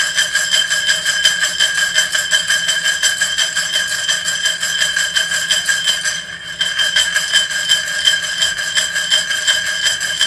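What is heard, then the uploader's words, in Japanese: Kitchen tidying, heard as one continuous, dense whirring hiss with several bright pitched tones and a rapid, regular flutter running through it. A faint low hum sits underneath. The sound dips briefly just after six seconds, then resumes unchanged. キッチン周りのお片付け。Sujataはお話はいたしません。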